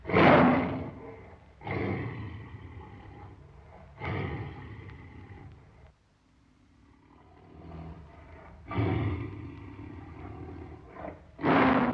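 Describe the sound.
Tiger giving a series of deep, rasping roars roughly every two seconds, a brief quiet pause midway, then more roars ending with a loud burst.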